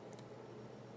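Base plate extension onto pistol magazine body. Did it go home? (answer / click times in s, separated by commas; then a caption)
no / none. A pinky extension base plate is being pushed onto a Glock pistol magazine body over the two side tabs, heading toward the point where the retaining tab pops through the hole to lock it. Only low, steady handling noise and faint rustling are heard, with a couple of brief soft high-frequency scrapes near 0.1–0.2 s. Nothing has seated or clicked yet.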